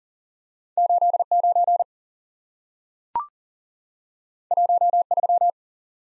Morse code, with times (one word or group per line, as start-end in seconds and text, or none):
0.8-1.2 8
1.3-1.8 9
4.5-5.0 1
5.1-5.5 3